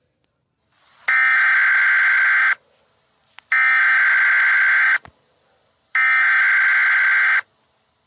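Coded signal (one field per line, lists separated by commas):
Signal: Emergency Alert System (SAME) tones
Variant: header bursts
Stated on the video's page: Fictional EAS scenario, a shelter warning.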